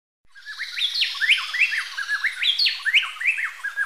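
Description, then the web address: Plain-tailed wren song: rapid chattering phrases of sharp rising and falling whistled notes, overlapping and rhythmic. Recorded in Ecuador. "Birds of Ecuador. Plain-tailed Wren"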